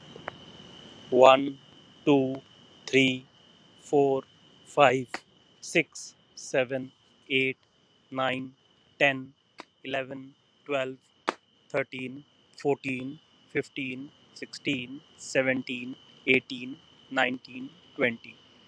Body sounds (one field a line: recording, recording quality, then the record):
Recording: counting at a normal pace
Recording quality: excellent, no background noise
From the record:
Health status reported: healthy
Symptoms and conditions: none ticked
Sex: male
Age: 41 years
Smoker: not ticked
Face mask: not worn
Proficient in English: yes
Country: India